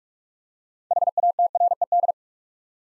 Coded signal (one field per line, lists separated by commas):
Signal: Morse code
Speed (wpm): 44 wpm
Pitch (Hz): 700 Hz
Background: none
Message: HATRED